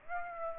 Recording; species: mosquito wingbeat signal from an infrared sensor; Aedes aegypti